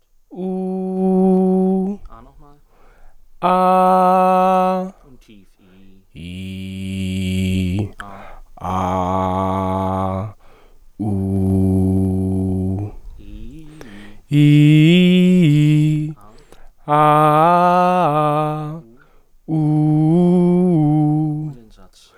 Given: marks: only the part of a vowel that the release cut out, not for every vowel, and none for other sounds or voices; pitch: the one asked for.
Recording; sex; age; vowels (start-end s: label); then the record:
sustained vowels; male; 30 to 39 years
0.46-1.79 s: vowel /u/, high pitch
3.59-4.67 s: vowel /a/, high pitch
6.44-7.69 s: vowel /i/, low pitch
8.71-10.14 s: vowel /a/, low pitch
11.10-12.74 s: vowel /u/, low pitch
14.39-16.00 s: vowel /i/, low-high-low pitch
16.95-18.65 s: vowel /a/, low-high-low pitch
19.60-21.39 s: vowel /u/, low-high-low pitch
From the record:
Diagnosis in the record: singing voice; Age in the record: 31 years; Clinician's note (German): Alte, jetzt kompensierte Dysphonie